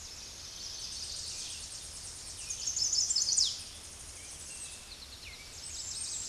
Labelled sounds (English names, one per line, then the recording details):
Chestnut-sided Warbler song
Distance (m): 15 m
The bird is about 10 m above the microphone
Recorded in a Pennsylvania forest on 16 May 2024 at 08:24
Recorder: AudioMoth, point MSD-2349
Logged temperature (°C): 15.8 °C
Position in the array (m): 41 m, 58 m